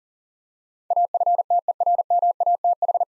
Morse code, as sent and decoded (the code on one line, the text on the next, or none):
.- ..-. - . .-. -- .- - ....
AFTERMATH